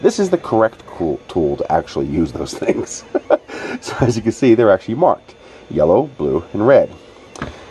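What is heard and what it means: Someone talks while working a Haisstronica ratcheting wire terminal crimper, probably with no connector in its jaws. The jaws stay shut through the ratchet, then at 7.4 s two sharp clicks are heard as the mechanism releases and pops open at the end of the stroke. That pop shows enough force has been applied, like a torque wrench.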